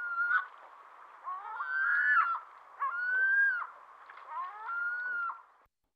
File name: Digiffects Sound Effects Library - Ring-Billed Gull Call